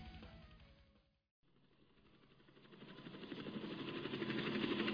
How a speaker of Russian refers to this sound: Вдруг я услышал стрекот вертолетных лопастей. Слабая надежда всколыхнулась во мне с новой силой, но вскоре погасла вновь. Трофейный вертолет «Монолита» шел к нам по направлению с севера.